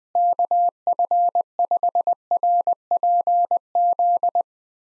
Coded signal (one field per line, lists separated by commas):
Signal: Morse code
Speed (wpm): 21 wpm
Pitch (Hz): 700 Hz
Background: none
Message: KF5RPZ